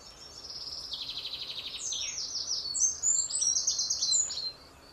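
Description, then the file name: Common chaffinch song: a quick run of bright notes dropping in pitch, a short flourish near two seconds, then further high, sharp chirping phrases before ending abruptly. "Fringilla coelebs"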